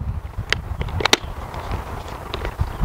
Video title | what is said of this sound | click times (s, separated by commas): Saker Cordless Hedge Trimmer & Grass Shears | trimmer, line it up, push it in, and you'll feel it snap in place. | 0.5 s, 1.1 s